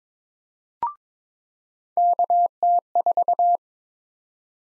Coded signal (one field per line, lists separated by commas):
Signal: Morse code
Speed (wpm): 22 wpm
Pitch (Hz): 700 Hz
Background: none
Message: KT4